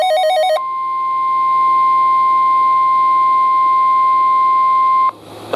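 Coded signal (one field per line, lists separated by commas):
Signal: Emergency Alert System (SAME) tones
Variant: 1050 Hz attention tone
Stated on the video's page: EAS alert tones from storm-related alerts over two days.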